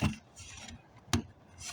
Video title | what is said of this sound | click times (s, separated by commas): How to Replace 2020 AWD SE Camry fuel door spring | You hear it click, that means once | 1.1 s